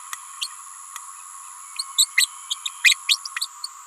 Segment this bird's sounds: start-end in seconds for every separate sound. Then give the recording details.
0.41-0.48, 1.98-2.07, 2.17-2.28, 2.50-2.55, 2.65-2.69, 2.84-2.95, 3.08-3.18. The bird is a female. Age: 28 days. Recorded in a nest box in Venezuela. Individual 17B31A3